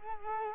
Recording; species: mosquito wingbeat signal from an infrared sensor; Culex quinquefasciatus